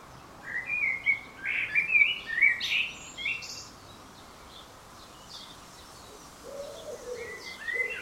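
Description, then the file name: Common blackbird song: a warbled fluty phrase with squeaky high flourishes, a pause, then a few softer low notes and high notes. "Turdus merula"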